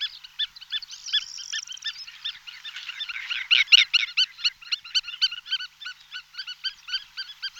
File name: Cejka trnita Vanellus spinosus